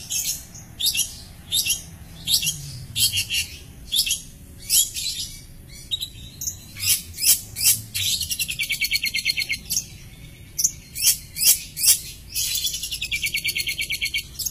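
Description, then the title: Long-tailed shrike song of spaced harsh high notes mixed with rapid buzzy trills, the phrases varied and continuing steadily to the end. "Cendet"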